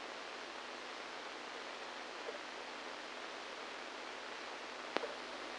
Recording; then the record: brain microelectrode recording played as sound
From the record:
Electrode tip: inside the subthalamic nucleus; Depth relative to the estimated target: -2 mm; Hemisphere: right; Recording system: NeuroSet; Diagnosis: Parkinson's disease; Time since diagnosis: 7 years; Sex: male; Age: 69 years